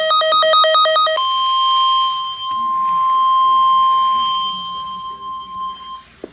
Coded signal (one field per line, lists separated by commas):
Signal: Emergency Alert System (SAME) tones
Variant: 1050 Hz attention tone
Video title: (DOUBLE HEADER!!) Severe Thunderstorm Warning and Severe Weather Statement (EAS #142-143)